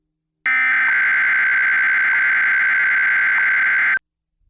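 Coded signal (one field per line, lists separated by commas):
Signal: Emergency Alert System (SAME) tones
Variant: header bursts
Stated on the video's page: Fictional tornado scenario using valid EAS tones.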